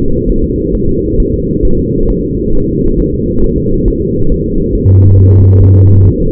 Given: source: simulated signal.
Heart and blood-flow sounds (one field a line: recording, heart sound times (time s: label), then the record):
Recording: fetal heart sounds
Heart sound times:
0.30 s: S1
0.44 s: S2
0.75 s: S1
0.89 s: S2
1.20 s: S1
1.34 s: S2
1.65 s: S1
1.79 s: S2
2.10 s: S1
2.24 s: S2
2.55 s: S1
2.69 s: S2
3.00 s: S1
3.14 s: S2
3.44 s: S1
3.58 s: S2
3.88 s: S1
4.02 s: S2
4.32 s: S1
4.46 s: S2
4.75 s: S1
4.89 s: S2
5.19 s: S1
5.33 s: S2
5.62 s: S1
5.76 s: S2
6.06 s: S1
6.20 s: S2
From the record:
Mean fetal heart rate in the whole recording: 135 bpm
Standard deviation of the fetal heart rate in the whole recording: 3 bpm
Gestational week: 36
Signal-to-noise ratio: -17.7 dB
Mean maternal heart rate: 72 bpm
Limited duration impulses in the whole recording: present